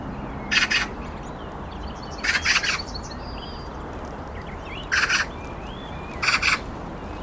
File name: Pica pica